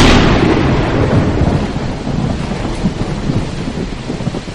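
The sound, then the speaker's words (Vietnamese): A loud crack of thunder opens into a long rolling rumble, with dense, steady heavy rain hissing throughout and no voices. “Nếu tìm được chỗ tử tế hơn để trú mưa thì quá hay rồi.”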